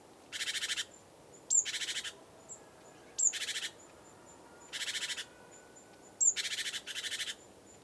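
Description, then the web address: Great tit scolding: several rattling churr bursts at fairly regular intervals, several introduced by a brief, sharp high note. "SETE Parus major"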